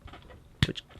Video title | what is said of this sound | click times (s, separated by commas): RID 2015 Warrior Optimus Prime (Random Review) | And I'll form the head, which clicks into place. | 0.6 s